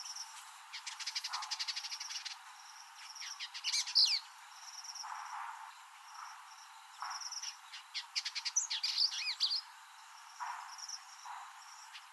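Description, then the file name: Green Indigobird song: high, rapid chattering trills and buzzy rattles mixed with short whistled chirps, in bursts separated by brief pauses, over a soft hiss. "Vidua codringtoni"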